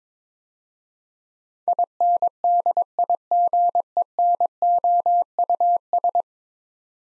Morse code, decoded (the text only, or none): INDIGENOUS